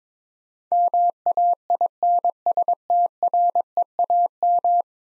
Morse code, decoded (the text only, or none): MAINSTREAM